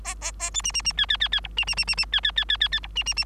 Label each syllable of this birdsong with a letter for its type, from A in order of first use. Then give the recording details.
A A A B C C C D D D D E C C C C C D D D D D D E C C C. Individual Bird3